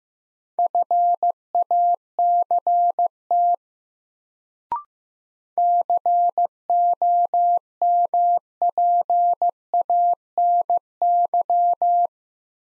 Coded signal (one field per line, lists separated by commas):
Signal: Morse code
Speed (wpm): 15 wpm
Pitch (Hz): 700 Hz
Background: none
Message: FACT COMPANY